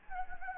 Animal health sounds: mosquito wingbeat signal from an infrared sensor; Anopheles gambiae

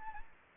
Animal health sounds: mosquito wingbeat signal from an infrared sensor; Anopheles gambiae

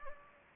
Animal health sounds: mosquito wingbeat signal from an infrared sensor; Anopheles gambiae

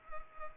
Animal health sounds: mosquito wingbeat signal from an infrared sensor; Culex pipiens

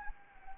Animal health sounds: mosquito wingbeat signal from an infrared sensor; Anopheles arabiensis

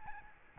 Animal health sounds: mosquito wingbeat signal from an infrared sensor; Aedes albopictus

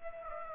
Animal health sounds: mosquito wingbeat signal from an infrared sensor; Aedes aegypti

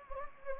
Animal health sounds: mosquito wingbeat signal from an infrared sensor; Anopheles gambiae

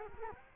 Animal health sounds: mosquito wingbeat signal from an infrared sensor; Culex quinquefasciatus

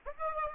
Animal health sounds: mosquito wingbeat signal from an infrared sensor; Aedes aegypti

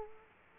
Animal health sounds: mosquito wingbeat signal from an infrared sensor; Culex quinquefasciatus

